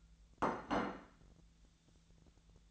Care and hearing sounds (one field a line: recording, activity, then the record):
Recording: daily activity, microphone in the room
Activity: place plate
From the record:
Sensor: 3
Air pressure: 1000.2 hPa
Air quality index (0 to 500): 141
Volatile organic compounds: 2 ppm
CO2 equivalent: 1255 ppm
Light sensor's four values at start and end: 35/88/37/40 and 35/88/37/40